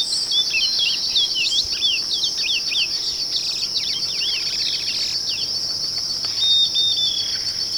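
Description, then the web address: Bird calling with quick series of high, looping, downward-bending chirps, then a short pause and a thin whistle, all over a constant shrill insect buzz. "BIRD 2015 SABIOD"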